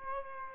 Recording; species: mosquito wingbeat signal from an infrared sensor; Aedes aegypti